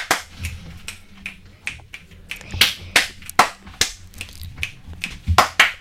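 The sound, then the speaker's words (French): Fingers on both hands snap in a brisk, fairly steady run, roughly two or three crisp, bright clicks per second, growing slightly louder toward the end, with no voices. “Là j'ai commencé à claquer des deux doigts.”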